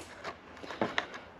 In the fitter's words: And then to lock those in there, there's this little piece that snaps back in.